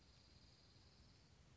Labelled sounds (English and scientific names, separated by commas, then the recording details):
Dark-eyed Junco (Junco hyemalis)
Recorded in Sonoma County, California